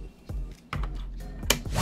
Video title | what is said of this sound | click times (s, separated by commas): 【神規格の宿る三脚】ギミック満載の高級三脚「FALCAM TreeRoot クイックロックトラベル三脚」レビュー | 同じくこれで縦構図にできるんですねカチンって言わなければはまってないわけだから落下 | 1.5 s